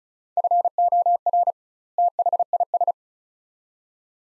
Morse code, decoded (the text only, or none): FOR THIS